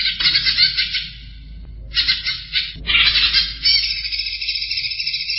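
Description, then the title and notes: Greater green leafbird song: pulsing chattered phrases, a short lull, then further rich bursts, the last running into a steady trill. Champion songbird. "Kicau Burung Cucak Ijo Juara. Suara kicauan burung cucak ijo"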